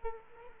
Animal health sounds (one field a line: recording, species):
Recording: mosquito wingbeat signal from an infrared sensor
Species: Culex quinquefasciatus